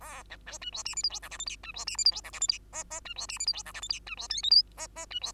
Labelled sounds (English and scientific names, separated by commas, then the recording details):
Bengalese Finch (Lonchura striata domestica) song
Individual Bird2